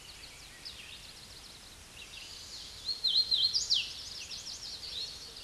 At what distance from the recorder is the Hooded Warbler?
about 20 m